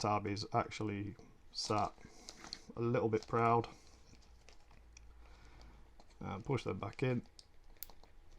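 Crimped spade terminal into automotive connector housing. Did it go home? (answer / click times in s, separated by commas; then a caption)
yes / 7.8 s. A crimped, repinned Yazaki 0.250 spade terminal for a Mazda B Series, with its locking tab bent slightly proud, is pushed back into a plastic automotive connector housing while someone talks. After a stretch of faint handling ticks, a sharp click at 7.8 s shows the terminal has seated fully and is held tight in the block.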